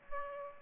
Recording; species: mosquito wingbeat signal from an infrared sensor; Aedes aegypti